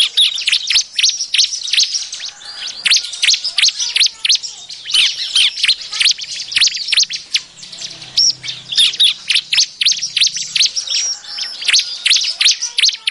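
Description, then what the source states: Bar-winged prinia calls: dense, busy chatter of sharp high chirps and quick downslurred notes, almost continuous. Noisy calling used as a lure sound.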